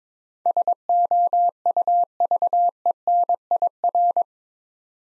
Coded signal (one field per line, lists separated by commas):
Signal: Morse code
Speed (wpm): 22 wpm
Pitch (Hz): 700 Hz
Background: none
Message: SOUVENIR